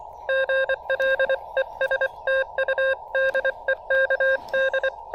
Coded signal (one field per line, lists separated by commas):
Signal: Morse code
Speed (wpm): 24 wpm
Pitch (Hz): 590 Hz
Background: none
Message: GL ES TU DE KD